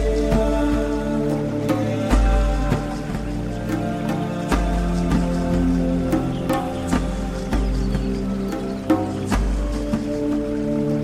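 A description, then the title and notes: Slow zen music holds a steady low drone and sustained tones, while soft dripping taps land irregularly about once a second throughout. Nature Sounds, Zen Music.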